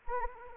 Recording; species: mosquito wingbeat signal from an infrared sensor; Anopheles arabiensis